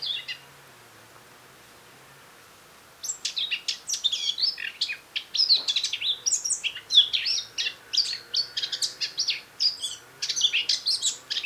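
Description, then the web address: Eurasian blackcap warbling song. Quiet at first, then from about three seconds a long run of fast, scratchy and fluty high notes continues to the end. "SETE Sylvia atricapilla"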